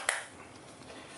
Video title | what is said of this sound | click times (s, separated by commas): How to replace HP Pavilion 550-150 motherboard - Step By Step | the RAM properly and then press it you should hear the click | 0.1 s